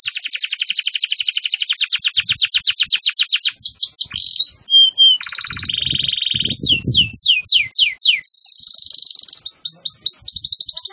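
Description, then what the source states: Canary song, a rapid run of trills: fast repeated chips, rolling buzzy phrases and bursts of downward-sweeping whistled notes, with soft low thumps underneath. Canary described as 'gacor', singing vigorously and continuously.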